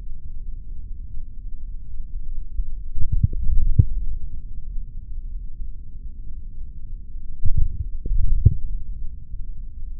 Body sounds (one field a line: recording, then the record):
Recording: forearm muscle sounds (acoustic myography)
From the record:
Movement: index flexion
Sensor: system 3, bracelet of six PUI Audio POM-2738L microphones around the upper forearm, with dedicated amplification and filtering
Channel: 4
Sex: male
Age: 26 years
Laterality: right